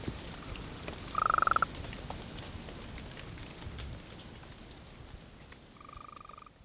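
Golden toad trill: one short, loud pulsed burst near the start and a fainter trill at the end, with crackling patter in the background.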